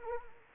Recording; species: mosquito wingbeat signal from an infrared sensor; Anopheles arabiensis